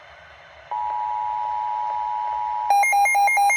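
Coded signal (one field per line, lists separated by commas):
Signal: Emergency Alert System (SAME) tones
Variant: 853 and 960 Hz attention tone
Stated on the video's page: Severe weather EAS alerts.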